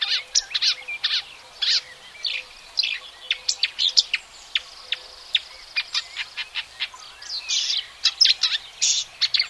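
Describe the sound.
Marsh warbler song of crisp ticking notes mixed with buzzy bursts and brief whistles, a continuous, restless chatter.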